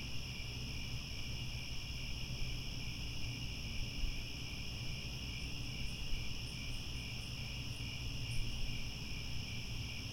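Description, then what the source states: Crickets chirping steadily in a high layered chorus, with a few sharp high ticks in the middle and a stronger low rumble beneath. Chorus of crickets at twilight, as the sun sets and stars come out.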